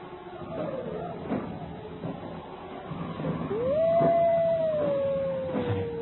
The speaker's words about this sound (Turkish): Duydun mu? Duydun mu? Kurtlar yine başladı.